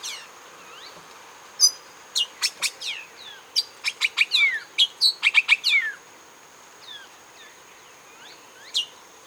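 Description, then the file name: Bird calls in a quick burst of sharp, high chirps and short sweeping notes, crowded together for about four seconds, then one lone chirp later; a steady high whine runs throughout. "SABIOD 50 bird 2015"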